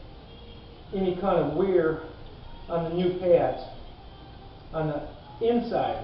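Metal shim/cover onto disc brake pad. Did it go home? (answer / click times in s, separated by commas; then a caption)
no / none. A metal shim or cover is being handled while it is fitted onto the back of a new disc brake pad during a 2011 Kia Soul disc brake replacement. Someone talks over faint background noise, and no sharp hit stands out. The shim has not seated or clicked into place yet.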